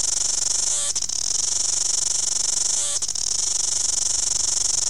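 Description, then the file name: New Zealand cicada singing a continuous shrill buzz, briefly broken twice about two seconds apart. "New Zealand cicada song"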